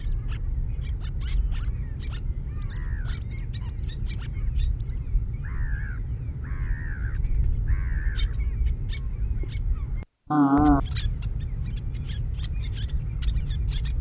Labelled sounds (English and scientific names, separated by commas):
Little Tern (Sternula albifrons) call